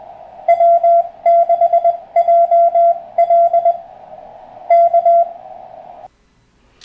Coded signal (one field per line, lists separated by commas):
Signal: Morse code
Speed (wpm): 19 wpm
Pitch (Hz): 690 Hz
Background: radio noise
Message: W6JL K